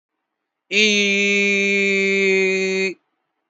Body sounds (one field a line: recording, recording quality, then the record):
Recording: sustained vowel as in beet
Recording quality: excellent, no background noise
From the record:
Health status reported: healthy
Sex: male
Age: 23 years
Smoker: yes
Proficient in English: yes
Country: India